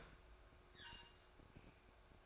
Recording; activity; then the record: daily activity, microphone in the room; open fridge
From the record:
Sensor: 2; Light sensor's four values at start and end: 4/10/4/4 and 4/10/4/4